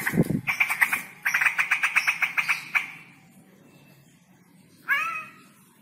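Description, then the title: Straw-headed bulbul song: a rapid run of repeated bright, chattering notes, then a pause and a single rich falling whistle, over a low rumbling background. Male Cucak Rowo singing actively (gacor) and loudly with long-drawn trills; a master recording (masteran) for training other songbirds. "GILEEE Cucak ROWO Jantan GACOR Suara Lantang ROoo EL Panjang"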